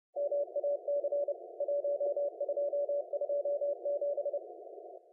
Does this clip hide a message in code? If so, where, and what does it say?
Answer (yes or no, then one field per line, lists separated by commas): yes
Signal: Morse code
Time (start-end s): 0.2-4.4 s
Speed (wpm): 28 wpm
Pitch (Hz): 530 Hz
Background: none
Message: MAC 1227